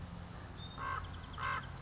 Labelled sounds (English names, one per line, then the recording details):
Common Raven
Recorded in Sonoma County, California